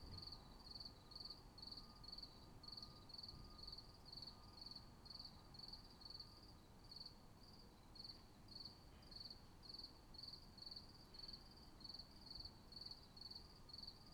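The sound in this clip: Cricket producing steady pulsed chirps roughly twice per second over a faint hum and low background noise.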